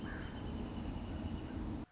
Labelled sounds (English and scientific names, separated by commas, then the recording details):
Wrentit (Chamaea fasciata)
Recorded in Sonoma County, California